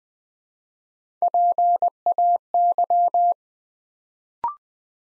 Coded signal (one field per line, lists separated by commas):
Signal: Morse code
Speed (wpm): 20 wpm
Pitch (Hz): 700 Hz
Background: none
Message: PAY